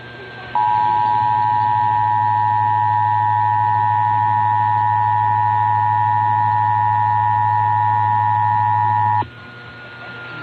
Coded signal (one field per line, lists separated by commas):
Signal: Emergency Alert System (SAME) tones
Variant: 853 and 960 Hz attention tone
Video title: (EAS #05!) San Diego November Required Monthly Test on KSDO-AM (11/02/22)